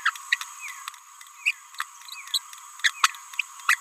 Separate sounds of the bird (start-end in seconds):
0.06-0.10, 0.31-0.37, 1.46-1.51, 2.34-2.38, 2.84-2.90, 3.69-3.75